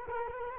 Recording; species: mosquito wingbeat signal from an infrared sensor; Culex quinquefasciatus